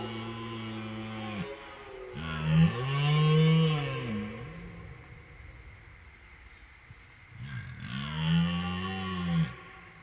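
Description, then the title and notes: Red deer stag roaring: three long, deep, harmonic bellows, the first ending near one and a half seconds, another swelling from about two to nearly five seconds, then a third from about seven and a half to nine and a half seconds. Red deer during the rut, first evening of belling, riverside meadow by the Drôme, France, 26 September 2019, 22:10, at night, valley reverberation, binaural, MKH8020 microphone, MixPre-3 recorder. "En Drôme. Première soirée au brame en bord de Drôme"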